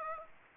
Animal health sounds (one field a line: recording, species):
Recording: mosquito wingbeat signal from an infrared sensor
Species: Aedes aegypti